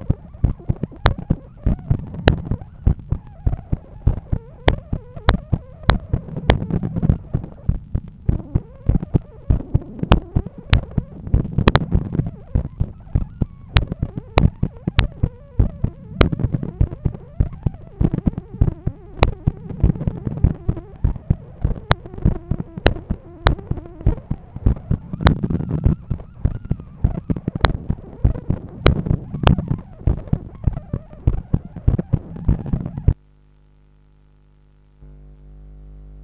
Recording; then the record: heart sounds by stethoscope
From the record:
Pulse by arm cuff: 102 bpm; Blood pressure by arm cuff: 133/81 mmHg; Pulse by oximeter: 101 bpm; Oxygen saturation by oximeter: 96%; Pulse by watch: 98 bpm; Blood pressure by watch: 132/87 mmHg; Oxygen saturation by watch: 97%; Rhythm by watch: sinus rhythm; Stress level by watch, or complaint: medium stress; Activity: after brunch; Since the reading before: plus 4000 steps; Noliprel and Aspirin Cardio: after pills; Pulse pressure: 52 mmHg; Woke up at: 7:20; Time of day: 13:45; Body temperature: 36.2 C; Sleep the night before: 7 h 55 min, score 79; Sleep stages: REM 22%, light 61%, deep 7%, awake 10%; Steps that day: 8800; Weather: sunny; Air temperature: 22.3 C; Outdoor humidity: 62%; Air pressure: 1013 hPa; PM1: 5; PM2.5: 8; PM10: 9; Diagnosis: hypertension, treated with Noliprel and Aspirin Cardio 100 mg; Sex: male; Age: 53 years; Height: 174 cm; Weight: 81 kg